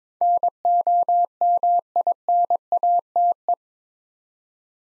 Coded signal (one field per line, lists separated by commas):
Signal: Morse code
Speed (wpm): 21 wpm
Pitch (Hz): 700 Hz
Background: none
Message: NOMINATE